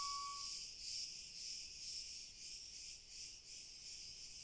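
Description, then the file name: Crickets giving a soft, high, hissing chirr that swells and fades about twice a second, with a brief steady tone near the start. "Frei Spiel Grillen"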